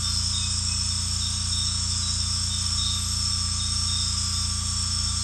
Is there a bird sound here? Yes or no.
no